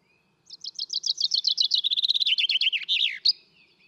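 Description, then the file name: Common chaffinch song delivered in full: many quick notes dropping in pitch, finishing with a brisk, emphatic flourish, lasting roughly three seconds. "Fringilla coelebs"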